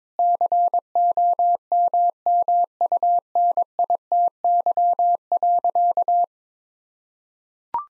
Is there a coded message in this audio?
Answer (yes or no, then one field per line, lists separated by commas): yes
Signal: Morse code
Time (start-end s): 0.2-6.2 s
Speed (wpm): 22 wpm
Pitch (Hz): 700 Hz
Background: none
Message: COMMUNITY.